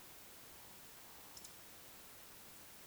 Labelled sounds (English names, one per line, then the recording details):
Eurasian Woodcock whistle
Eurasian Woodcock croak
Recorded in Baden-Württemberg, Germany, on 21 June 2020 at 02:23 UTC
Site 49006, 684 m above sea level